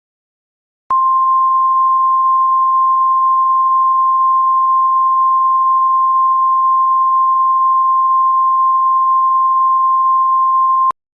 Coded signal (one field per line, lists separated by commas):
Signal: Emergency Alert System (SAME) tones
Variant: 1050 Hz attention tone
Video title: EAS Scenario: The World On Notice